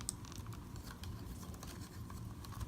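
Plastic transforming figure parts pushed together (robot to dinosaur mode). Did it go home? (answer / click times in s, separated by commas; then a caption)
no / none. Plastic parts of a Transformers Studio Series Grimlock figure are pushed together while it is transformed from robot to dinosaur mode. Soft clicking, tapping handling noises run throughout, with one brief sharp tick near the start. Nothing has seated or clicked into place yet.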